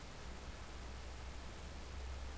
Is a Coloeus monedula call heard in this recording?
no